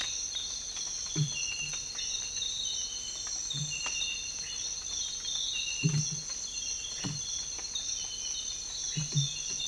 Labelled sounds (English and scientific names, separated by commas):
none